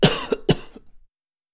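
Two short dry coughs from an adult.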